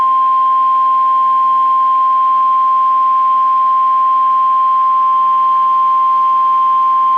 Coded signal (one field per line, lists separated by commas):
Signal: Emergency Alert System (SAME) tones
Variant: 1050 Hz attention tone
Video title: EAS 1126-1129 (10/27/21)